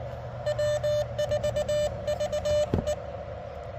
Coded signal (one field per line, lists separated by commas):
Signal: Morse code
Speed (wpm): 21 wpm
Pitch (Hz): 590 Hz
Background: none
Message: W4VE